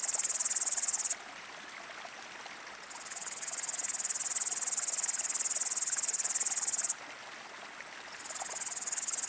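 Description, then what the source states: Upland green bush-cricket song, dense high-pitched buzzing throughout, overlaid by a slightly lower buzzy strand that runs for under two seconds, stops, then returns. Single foreground singer among surrounding great green bush-crickets beside a flowing stream; Le Villard, Val Maravel, Drôme, France, 1200 m; 20 August 2018, 19:00–19:30; windless, stormy cloudy sky, 20–22 °C; Nagra Seven, MKH40.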